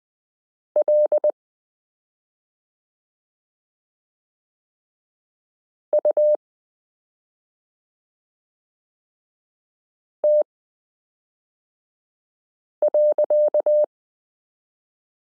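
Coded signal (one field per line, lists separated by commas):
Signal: Morse code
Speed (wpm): 20 wpm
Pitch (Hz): 600 Hz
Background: none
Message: LUT.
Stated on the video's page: Koch-method listening lesson 15 introducing the letter e, drilling characters s u a p t l o w i period n j e.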